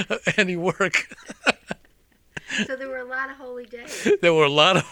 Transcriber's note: they laugh